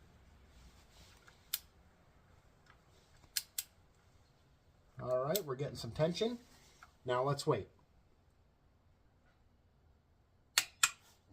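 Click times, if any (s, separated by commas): 10.6 s, 10.8 s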